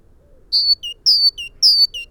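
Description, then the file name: Great tit song of three rhythmic two-note phrases, a high whistle followed by a shorter lower note, repeated about every half second. "Parus major"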